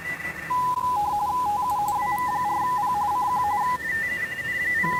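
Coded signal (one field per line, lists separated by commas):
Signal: RTTY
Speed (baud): 45.45 baud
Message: TU WV4P CQ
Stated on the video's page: Weekly RTTY test sent from an FDX10 into a 29.5 ft end-fed antenna with 9:1 unun and manual tuner.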